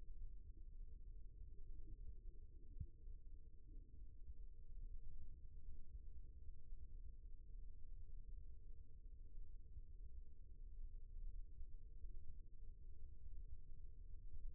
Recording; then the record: forearm muscle sounds (acoustic myography)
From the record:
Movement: rest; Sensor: system 1, eight BSWA MPA416 microphones around the upper forearm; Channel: 7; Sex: male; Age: 18 years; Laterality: right